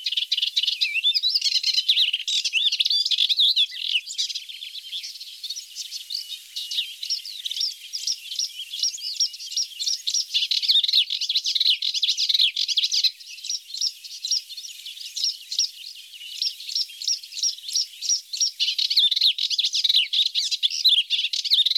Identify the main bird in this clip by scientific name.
Hippolais polyglotta